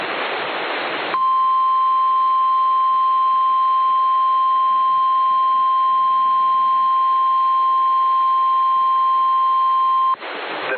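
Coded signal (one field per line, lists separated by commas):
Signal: Emergency Alert System (SAME) tones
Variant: 1050 Hz attention tone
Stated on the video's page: Mock alert made from scratch without templates.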